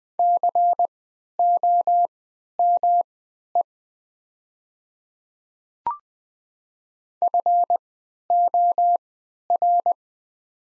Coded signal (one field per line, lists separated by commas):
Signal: Morse code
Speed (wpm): 20 wpm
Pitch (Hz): 700 Hz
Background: none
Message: COME FOR